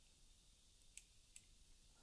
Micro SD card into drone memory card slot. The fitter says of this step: so then that just clicks into place